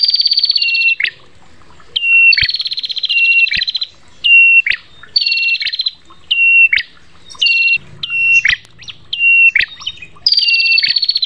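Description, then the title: Prinia giving a long run of buzzy rattled phrases and brief whistled notes ending in a sharp upward flick, repeated almost without pause, a few faint clicks. Long-duration 'masteran' therapy recording of prinia song for training birds. "Masteran Terapi Prenjak Durasi Panjang"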